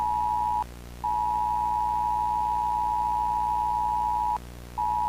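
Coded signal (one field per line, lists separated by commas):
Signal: Emergency Alert System (SAME) tones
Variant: 853 and 960 Hz attention tone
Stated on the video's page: Fictional mock EAS scenario about a plasmavirus.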